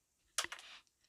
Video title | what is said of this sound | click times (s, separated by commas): Tamiya Handy Drill - Full Build | this side's got to go down in that slot until it snaps | 0.4 s